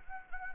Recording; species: mosquito wingbeat signal from an infrared sensor; Anopheles arabiensis